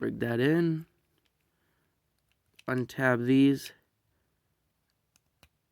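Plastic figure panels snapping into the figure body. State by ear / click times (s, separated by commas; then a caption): seated / 5.2 s, 5.4 s. Plastic panels of a Transformers Studio Series Bonecrusher figure are untabbed and repositioned during transformation while someone talks. Two short plastic clicks follow at 5.2 and 5.4 seconds as the panels snap into place in the figure body.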